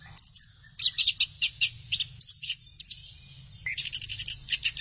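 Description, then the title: Thrush song in quick bursts of high twittering notes, a short lull just past the midpoint, then a fresh series of chirps. "burung anis x"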